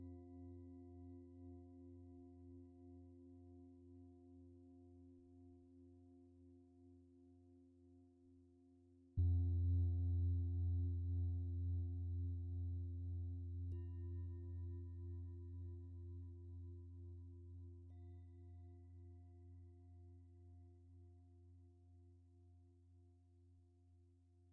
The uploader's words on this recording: 7 Chakra Continuous Meditation with 21 Antique Tibetan Singing Bowls.